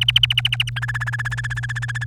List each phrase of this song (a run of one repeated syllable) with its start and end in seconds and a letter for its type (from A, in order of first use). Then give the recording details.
0.00-0.69 A, 0.76-2.04 B. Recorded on 28 April 2018 at 09:15. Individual llb3